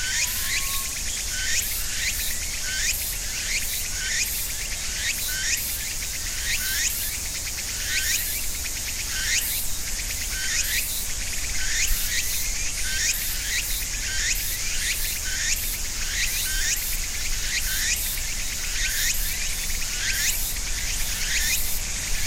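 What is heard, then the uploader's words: Cicadas and other insects fill the trees with a dense, steady high buzz, pulsing in quick regular bursts about twice a second throughout. A constant low rumble sits underneath, and a brief higher chirp or bird note appears near the start. Cicadas and other insects mark the end of summer in ornamental cherry trees between a small river and a residential neighborhood in Japan. With a Sony PCM-M10 recorder and FEL Clippy EM172 mics mounted for quasi-binaural recording on opposite sides of a tree trunk.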